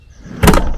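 Someone presses both blue lock tabs on a DIY fridge slide and pushes the fridge slide tray back into its locking drawer slide, in its extended-closed position, with a low sliding rumble building up. The slide lock latches with two sharp clicks at 0.5 s and 0.5 s, and the tray is seated.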